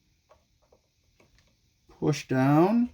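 A DDR4 RAM memory stick is lined up and set into the guide channels at each end of a motherboard DIMM slot before being pushed down, making faint handling ticks around 0.3, 0.7, 1.2 and 1.4 seconds. Someone talks near the end. Nothing has seated or clicked yet.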